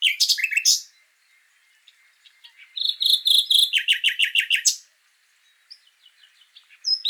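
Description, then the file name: Common nightingale song: a loud rattling opening, a pause, then a fast series of repeated notes, followed by scattered chirps. "Luscinia megarhynchos"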